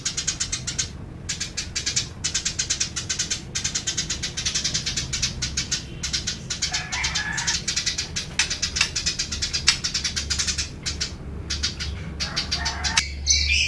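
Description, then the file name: Eurasian tree sparrow keeping up a long rapid chatter of high clicking notes in repeated bursts, with a couple of lower squeaky notes near the middle and end. Tame bird giving long, drawn-out chattering (nyrecet). "burung gereja om kicau jinak nyrecet panjang panjang"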